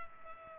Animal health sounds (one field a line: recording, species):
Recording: mosquito wingbeat signal from an infrared sensor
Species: Culex pipiens